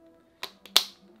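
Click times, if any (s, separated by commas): 0.8 s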